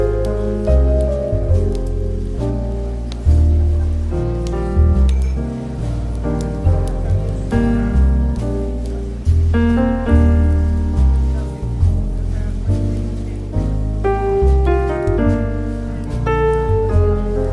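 Relaxed jazz plays in a café, with warm bass notes and soft chords changing every second or two over a steady, unhurried pulse. Brighter melodic notes drift above, and a faint continuous patter like rain or murmur sits underneath throughout.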